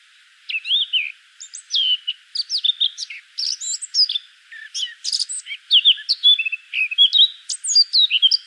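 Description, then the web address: Eurasian blackcap song, a fast, varied warble of twittering and whistled notes sliding up and down, run together almost without pause. "pub SETE data Sylvia atricapilla 102016"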